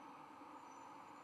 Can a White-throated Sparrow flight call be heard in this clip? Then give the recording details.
no. No flight call is heard. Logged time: 00:06 on 24 November 2014